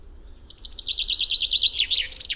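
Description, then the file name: Common chaffinch song: a steady run of crisp repeated notes, then a louder, tumbling terminal flourish. "Fringilla coelebs"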